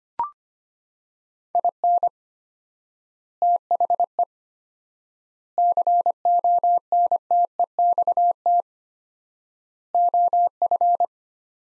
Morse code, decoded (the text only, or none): IN THE CONTEXT OF